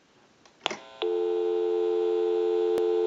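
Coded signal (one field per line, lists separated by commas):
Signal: telephone call progress tone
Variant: North America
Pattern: dial tone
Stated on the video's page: Model 2500 desk telephone undergoing initial checkout and repair.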